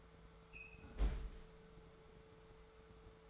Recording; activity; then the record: daily activity, microphone in the room; close fridge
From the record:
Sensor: 3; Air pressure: 1014.8 hPa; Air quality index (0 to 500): 196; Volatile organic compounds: 26 ppm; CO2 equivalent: 2859 ppm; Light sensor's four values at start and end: 14/35/14/15 and 16/40/16/17